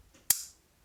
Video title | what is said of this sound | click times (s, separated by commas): Is Everyone Sleeping On This EDC Knife?! SRM 255L-GK Folding Knife - Full Review | it's as simple as that right here we go and insert it and watch it click | 0.3 s